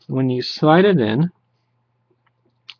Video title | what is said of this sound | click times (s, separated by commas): Acer Aspire 5560 Laptop Screen Replacement Procedure | you feel but not hear two clicks that means it's properly engaged | 2.3 s, 2.7 s